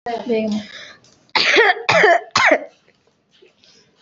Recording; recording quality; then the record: heavy voluntary cough; moderate, slight background noise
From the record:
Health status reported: healthy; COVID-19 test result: negative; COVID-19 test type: RT-PCR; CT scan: not taken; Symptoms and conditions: cold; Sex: female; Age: 21 years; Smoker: no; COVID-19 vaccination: none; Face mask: worn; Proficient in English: yes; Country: India